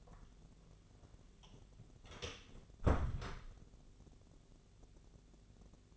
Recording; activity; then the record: daily activity, microphone in the room; close door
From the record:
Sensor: 4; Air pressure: 1001.1 hPa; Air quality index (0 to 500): 182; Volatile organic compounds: 2 ppm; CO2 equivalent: 1302 ppm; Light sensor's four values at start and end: 15/34/14/14 and 17/39/16/16